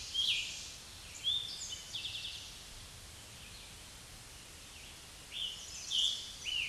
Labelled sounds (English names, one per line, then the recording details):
Eastern Towhee song
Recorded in a Pennsylvania forest on 16 May 2024 at 06:05
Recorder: AudioMoth, point MSD-2376
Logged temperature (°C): 16.7 °C
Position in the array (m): 106 m, 6 m